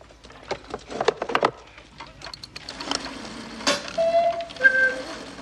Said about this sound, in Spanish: Mientras, Farah saca un reloj de cuco del embalaje. Karen lo pone sobre una chimenea y mueve las manillas hasta que suena.